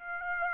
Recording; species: mosquito wingbeat signal from an infrared sensor; Aedes aegypti